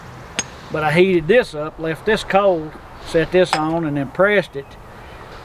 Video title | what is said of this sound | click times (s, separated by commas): Tennessee Blacksmith | you can hear it lock that's just pretty sound when it locks | 0.4 s